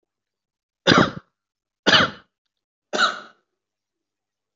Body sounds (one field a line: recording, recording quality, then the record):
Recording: shallow voluntary cough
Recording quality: excellent, no background noise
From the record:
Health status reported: healthy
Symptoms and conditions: cold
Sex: male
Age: 37 years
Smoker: yes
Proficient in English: yes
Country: India